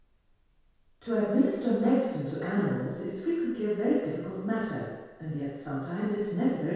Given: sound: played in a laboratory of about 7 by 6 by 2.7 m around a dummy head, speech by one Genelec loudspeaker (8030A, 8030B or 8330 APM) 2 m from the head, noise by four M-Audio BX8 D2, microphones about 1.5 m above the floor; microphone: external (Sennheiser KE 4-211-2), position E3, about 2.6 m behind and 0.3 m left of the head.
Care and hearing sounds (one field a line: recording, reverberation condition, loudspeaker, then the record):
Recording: female speech in English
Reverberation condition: high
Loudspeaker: 120 degrees to the right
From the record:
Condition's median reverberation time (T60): about 1300 ms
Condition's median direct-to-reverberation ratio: about -4.0 dB